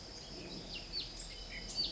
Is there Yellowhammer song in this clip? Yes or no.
no